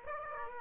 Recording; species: mosquito wingbeat signal from an infrared sensor; Aedes aegypti